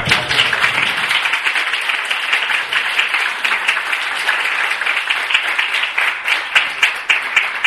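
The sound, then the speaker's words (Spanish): An audience at a presentation breaks into sustained applause before a lunch break, dense overlapping claps at a steady loud level throughout, with a brief low murmur at the very start. “Un aplauso.”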